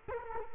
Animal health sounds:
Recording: mosquito wingbeat signal from an infrared sensor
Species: Culex quinquefasciatus

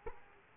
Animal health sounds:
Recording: mosquito wingbeat signal from an infrared sensor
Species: Culex quinquefasciatus

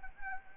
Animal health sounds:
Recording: mosquito wingbeat signal from an infrared sensor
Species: Anopheles arabiensis

